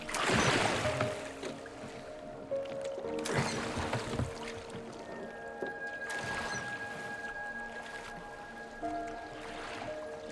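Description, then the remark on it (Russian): Oars dip and pull through water as a boat is rowed on a lake, in slow, regular strokes, each one a soft splash and swish every few seconds, with faint creaking and steady lapping between strokes. “Мак плывет в лодке.”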